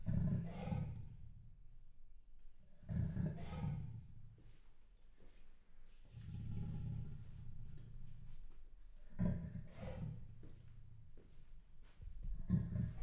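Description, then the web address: Leopard calling in deep, hoarse grunts that come in irregular bursts, some single and some drawn into longer rasping bouts, with quiet gaps between. Male leopard, captive in a zoo in Jászberény, recorded in 2016. "jaszberenyizoo 2016 leopard himallat"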